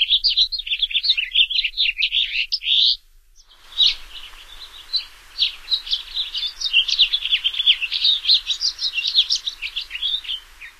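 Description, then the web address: House finch song, a long, lively, warbled jumble of varied high chirps and slurred notes, pausing briefly near three seconds, then continuing in a run. "Songs of Birds of North America Stokes. House Finch"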